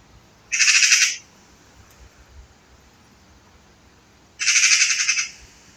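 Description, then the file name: Eurasian magpie with two loud, harsh rattling chatters, each lasting under a second and separated by about three seconds of quiet. "Pica pica"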